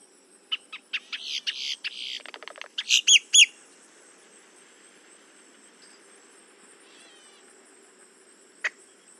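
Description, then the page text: Boat-tailed grackle song: a run of harsh, buzzy clicking notes building into three loud, rising whistled calls, then near silence with one sharp click near the end. "Paul Marvin - Лодкохвостый гракл (Quiscalus major)"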